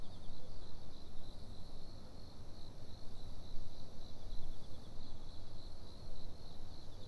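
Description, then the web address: Cricket chirping in a steady, continuous high trill with a pulsing texture, heard throughout over heavy low rumbling background noise. Recorded at Fukudai parking on 29 September 2011. "fukudai parking 110929 cricket"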